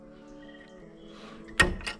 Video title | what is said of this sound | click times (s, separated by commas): 😍🥰രണ്ട് വർഷത്തിന്😍 ശേഷം സമ്മാനം കിട്ടി 😁😍 | ഏതാണ്ട് വലിയ കുഴപ്പമില്ലാതെ ലോക്ക് ചെയ്യാൻ പറ്റുന്നുണ്ട് ഓക്കേ അപ്പൊ സെറ്റ് ആക്കി കേട്ടോ | 1.8 s